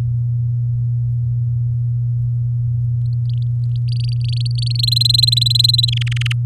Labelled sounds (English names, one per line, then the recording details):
Domestic Canary song
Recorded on 8 May 2018 at 19:46
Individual llb16